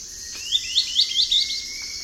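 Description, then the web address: Wedge-billed Woodcreeper call: a quick series of several high, squeaky upslurred notes over a steady insect hum and a thin whistled tone. Recorded in the eastern lowlands of South America. "Natures Songs S America Eastern Lowlands. Wedge-billed Woodcreeper"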